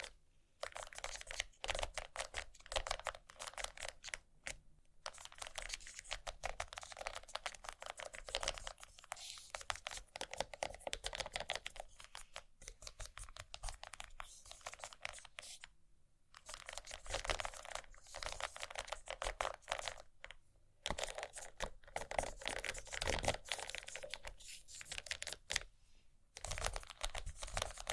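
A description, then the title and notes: Scratching goes on almost without pause, a dense run of quick, bright, crackly strokes that sound much like fast typing. The strokes come in bursts, broken by short silences near 4, 16, 21 and 25 seconds, and a faint low hum runs underneath. ASMR Scratching.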